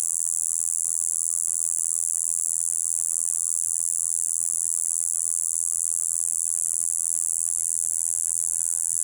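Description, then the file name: Cicada singing a continuous, piercing high-pitched buzz, even and unbroken throughout, with only faint low background noise. "coyuyito"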